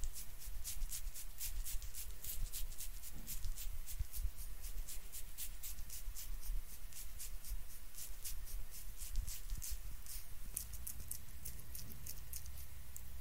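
Face cleaning sounds: quick, crisp brushing or wiping strokes repeat steadily throughout, bright and hissy, over a low, constant soft rumble.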